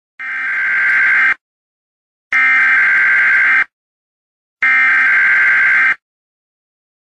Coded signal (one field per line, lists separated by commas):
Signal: Emergency Alert System (SAME) tones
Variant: header bursts